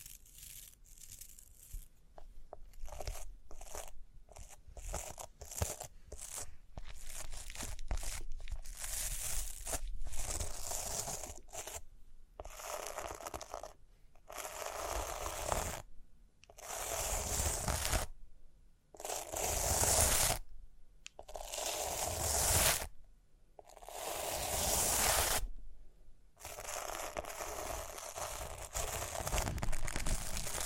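Scratching and brushing across rhinestones comes in rough, crinkly bursts, each lasting one to three seconds with brief silent gaps between. The opening seconds hold quicker, choppier strokes, while later passes grow longer, louder and hissier, with a crunchy, grainy texture throughout.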